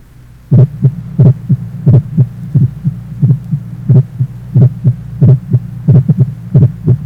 Age 40, normal splitting of the first heart sound, mitral area.